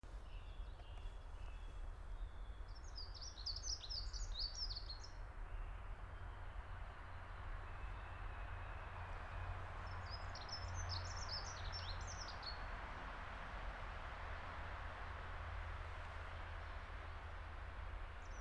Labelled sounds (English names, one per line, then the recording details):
Dunnock song
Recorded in the wild
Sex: male
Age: adult
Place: Hobrechtsfelder Rieselfelder, Naturpark Barnim, Brandenburg, DE
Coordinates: 52.6764, 13.5108
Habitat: pinewood
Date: 2006-04-20
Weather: fair, ca. 12°C, no wind
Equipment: Edirol R-4, Sennheiser MKH 70, Windkorb
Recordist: Frommolt, Karl-Heinz
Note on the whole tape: Kiefernstreifen südlich des NSG "Schönoer Heide": Gesang einer Heckenbraunelle. Entfernung ca. 10 m